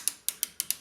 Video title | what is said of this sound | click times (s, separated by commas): Remington Model 8 & 81 Barrel Disassembly - Pro-Tools | our barrel nut. You'll hear a clicking sound. | 0.1 s, 0.3 s, 0.4 s, 0.6 s, 0.7 s